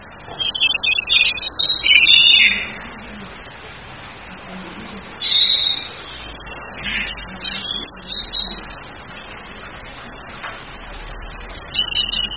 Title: ANIS KEMBANG BETINA MEMANGGIL JANTAN, ANIS KEMBANG BETINA NRITIK